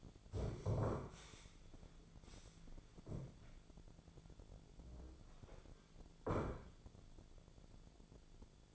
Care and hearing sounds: daily activity, microphone in the room; stand up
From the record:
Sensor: 5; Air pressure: 1008.2 hPa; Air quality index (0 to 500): 155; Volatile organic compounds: 3 ppm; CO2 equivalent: 1489 ppm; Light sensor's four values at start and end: 59/166/64/64 and 59/166/64/64

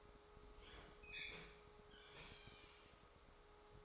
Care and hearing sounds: daily activity, microphone in the room; open fridge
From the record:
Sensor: 3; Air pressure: 1004.6 hPa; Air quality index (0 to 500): 192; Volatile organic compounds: 13 ppm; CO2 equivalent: 2412 ppm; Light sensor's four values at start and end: 5/12/5/4 and 5/13/5/5

